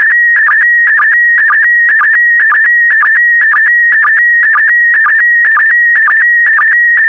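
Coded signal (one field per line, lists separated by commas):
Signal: SSTV (slow-scan television)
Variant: PD120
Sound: warbling, chirping tone around 2 kHz with a regular low blip twice a second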